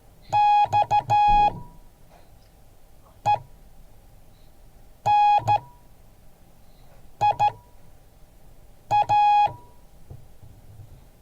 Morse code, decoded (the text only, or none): XENIA